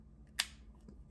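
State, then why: Seated. A wireless earbud is dropped into its plastic charging case, where magnets pull it into its slot. A single sharp, bright snap is heard at 0.4 s over a quiet low hum, and the earbud is seated firmly in place.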